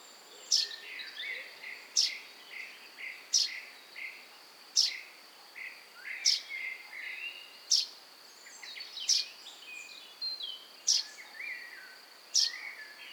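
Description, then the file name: Common chaffinch calling with short, sharp high notes repeated roughly every one and a half seconds, about nine in all, while other small birds chirp softly in the background. "Fringilla coelebs"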